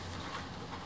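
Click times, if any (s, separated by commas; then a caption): none. A grease gun quick-connect coupler is handled at a bearing zerk fitting before being pushed down to lock, over a steady low engine-like rumble with broadband noise. Nothing has seated or clicked yet.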